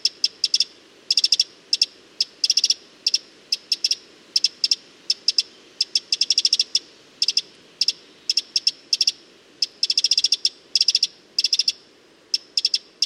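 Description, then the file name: Eurasian wren ticking steadily, dry clicks bunched into quick clusters and brief rattles roughly every second throughout, with faint background hiss. "Troglodytes troglodytes"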